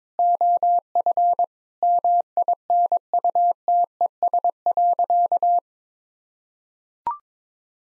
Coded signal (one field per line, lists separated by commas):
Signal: Morse code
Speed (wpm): 23 wpm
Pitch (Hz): 700 Hz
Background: none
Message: OF MINUTES.